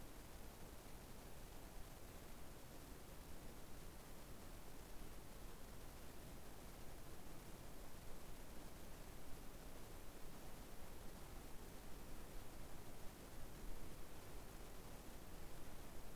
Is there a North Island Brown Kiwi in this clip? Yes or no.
no